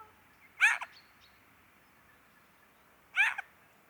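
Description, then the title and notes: Eurasian jay giving a short, nasal mewing call twice, about two and a half seconds apart, over a quiet background. October 2019; northern European population arriving across the country for two months, due to poor oak fruiting in Scandinavia and likely good breeding; many birds; ambience of various calls. "sonothèque Fernand DEROUSSEN. Geai des chênes (Garrulus glandarius)"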